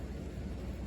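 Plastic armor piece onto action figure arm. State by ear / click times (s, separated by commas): not seated / none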